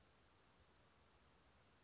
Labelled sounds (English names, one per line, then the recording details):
Western Flycatcher
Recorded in Sonoma County, California